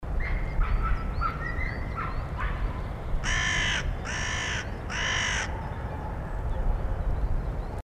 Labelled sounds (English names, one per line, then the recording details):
Carrion Crow call
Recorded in the wild
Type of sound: call
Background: Canis lupus f. familiaris
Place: Garmisch-Partenkirchen, Bayern, DE
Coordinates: 47.4933, 11.0636
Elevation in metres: 786
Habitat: mountains
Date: 1980-04-01
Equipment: Uher 4000, Sennheiser MKH 415 T
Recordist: Tretzel, Erwin
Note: gegenüber Almhütte am Waldrand, Garmisch-Partenkirchen: Rufe